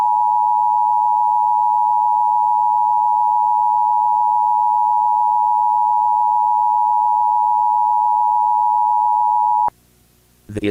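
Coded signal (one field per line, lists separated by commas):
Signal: Emergency Alert System (SAME) tones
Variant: 853 and 960 Hz attention tone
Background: speech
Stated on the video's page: Fictional EAS scenario for a Showbiz Pizza story.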